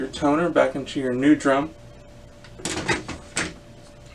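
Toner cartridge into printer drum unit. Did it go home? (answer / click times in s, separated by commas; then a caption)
yes / 2.7 s, 3.4 s. Someone talks, then a toner cartridge is pressed down into the new drum unit of a Brother MFC-L2710 laser printer. Two sharp clicks are heard at 2.7 s and 3.4 s as the toner cartridge seats into the drum unit.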